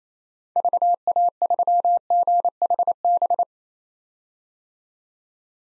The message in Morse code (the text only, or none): VA3GHB